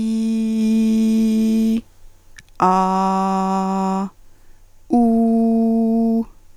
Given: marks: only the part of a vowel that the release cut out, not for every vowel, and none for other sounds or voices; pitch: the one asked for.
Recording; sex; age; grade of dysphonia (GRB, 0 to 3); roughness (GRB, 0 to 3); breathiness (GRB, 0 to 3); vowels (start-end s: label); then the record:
sustained vowels; female; 40 to 49 years; 1; 1; 0
0.00-1.73 s: vowel /i/, normal pitch
2.66-4.00 s: vowel /a/, normal pitch
4.96-6.18 s: vowel /u/, normal pitch
From the record:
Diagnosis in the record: hyperfunctional dysphonia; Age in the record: 45 years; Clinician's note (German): Leichte Tendenz dazu bei ponogener Belastung